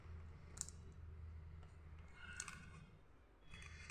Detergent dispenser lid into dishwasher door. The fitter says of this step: இந்த இடம் click பண்ணிட்டிங்கன்னா click ஆகிடும்.